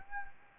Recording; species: mosquito wingbeat signal from an infrared sensor; Anopheles arabiensis